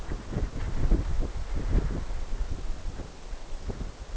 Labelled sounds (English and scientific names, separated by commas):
none